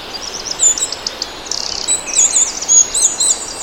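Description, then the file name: Eurasian wren calls: high, sharp chirps throughout, including a quick rattling burst of rapid ticks near the middle, over faint background hiss. "Troglodytes troglodytes"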